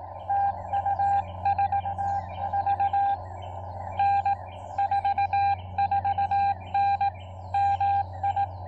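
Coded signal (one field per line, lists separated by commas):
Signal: Morse code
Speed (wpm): 18 wpm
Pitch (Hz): 800 Hz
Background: none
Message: TU ST VN 44N MI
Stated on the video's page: CW Parks on the Air activation with a Xiegu X6100 on 20, 17, 30 and 40 meters, with overloading on 17 meters.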